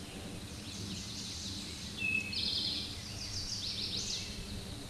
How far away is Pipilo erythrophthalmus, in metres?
about 30 m